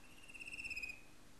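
Fan-tailed cuckoo giving a quick high trill, slightly pulsing and ending abruptly, quiet amid gentle background noise.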